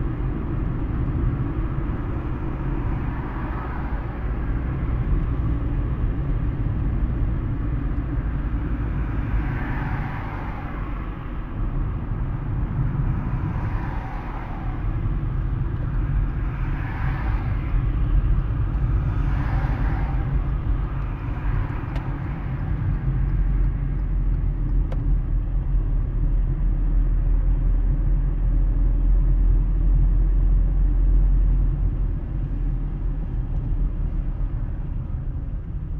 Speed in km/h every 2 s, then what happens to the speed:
65, 63, 60, 58, 52, 45, 42, 42, 41, 39, 36, 34, 30, 30, 31, 32, 27, 21.
0-24 slows to 30. 24-30 steady at about 30. 30-36 slows to 21.